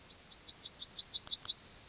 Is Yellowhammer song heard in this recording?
yes